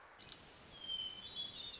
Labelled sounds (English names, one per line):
Wilson's Warbler